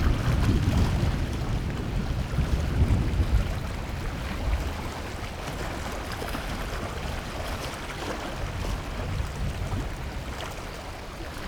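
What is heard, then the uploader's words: Water from the river rushes in a dense, unbroken wash. A heavy low rumble, like a passing motor, fills the first four seconds and then eases, leaving a steadier, lighter churn with faint scattered ticks over the rest. Aural encounters in the floodplains by pablo sanz, 2023. An imaginary day, from dawn to sunset. It meanders through aural spaces based on encounters with human and other-than-human lifeforms and their movements, shaped by the presence of the river.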